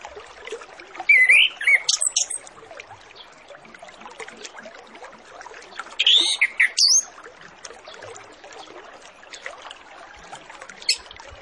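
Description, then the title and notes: Orange-headed Thrush song: two separate phrases of looping, slurred whistles mixed with scratchy notes, a few seconds apart, over a constant hiss. Full 'masteran' training track with 'isian' fill-in phrases, used as a lure to prompt Orange-headed Thrushes to start singing quickly and openly. "Masteran Anis Kembang Full Isian Untuk Suara Pancingan Anis Kembang Agar Cepat Ngeplong. Suara Burung Anis Kembang"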